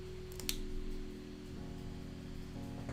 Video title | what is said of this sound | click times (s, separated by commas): LMHG Evangelion Test Type-01 LIVE BUILD! | that goes on top of arm like that okay snip snap into place and | 0.5 s